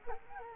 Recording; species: mosquito wingbeat signal from an infrared sensor; Culex quinquefasciatus